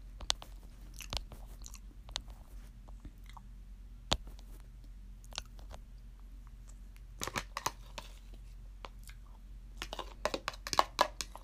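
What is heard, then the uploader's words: Eating of rice, meat and potatoes, with sharp crunchy bites and wet chewing clicks scattered throughout, busiest around seven seconds and again near ten to eleven. A steady low hum sits underneath. ASMR eats: rice and meat with potatoes.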